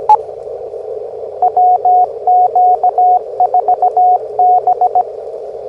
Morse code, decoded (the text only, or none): WQ4B